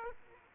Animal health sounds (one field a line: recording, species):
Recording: mosquito wingbeat signal from an infrared sensor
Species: Aedes aegypti